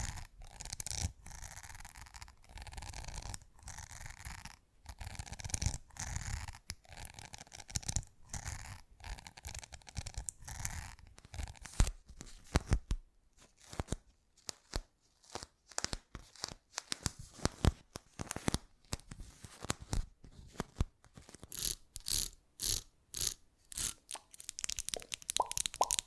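Fast, unpredictable ASMR triggers of crackly tearing, scratching and scraping sounds, broken by frequent short silences. The first half is denser and fuller, with a low rumble underneath; later the sounds turn thinner, brighter and choppier, with crisp bursts arriving in quick, irregular clusters.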